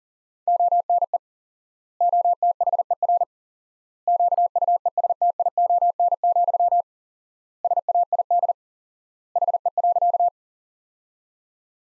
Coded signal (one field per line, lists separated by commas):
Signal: Morse code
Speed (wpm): 40 wpm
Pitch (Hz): 700 Hz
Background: none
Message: ONE OTHER QUESTION, SAID HE.